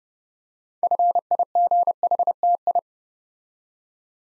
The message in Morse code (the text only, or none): FIGHTI